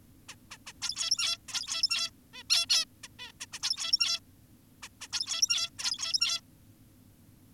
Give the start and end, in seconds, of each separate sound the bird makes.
0.29-0.35, 0.51-0.58, 0.67-0.73, 0.82-1.38, 1.48-2.10, 2.34-2.43, 2.50-2.66, 2.70-2.85, 3.04-3.08, 3.19-3.32, 3.41-3.46, 3.53-3.59, 3.63-4.20, 4.83-4.88, 5.01-5.08, 5.13-5.70, 5.79-6.41